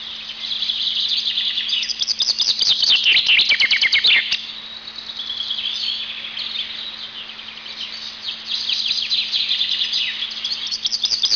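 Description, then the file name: Eurasian chaffinch song: dense, high chirping, loudest in a quick rattling run around two to four seconds, then softer twittering, with a low steady hum. "erdei pinty"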